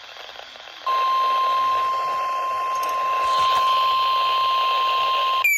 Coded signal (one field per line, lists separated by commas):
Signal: Emergency Alert System (SAME) tones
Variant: 1050 Hz attention tone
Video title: Extreme Calamity II: Flash Flood Madness! EAS Alerts from 7/16/2026 (EAS 581-651)